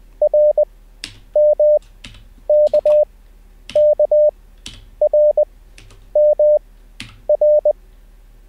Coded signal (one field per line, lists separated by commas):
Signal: Morse code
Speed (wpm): 20 wpm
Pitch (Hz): 600 Hz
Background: none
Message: RMKKRMR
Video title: How to Learn Morse Code Live with N0SSC (Day 1)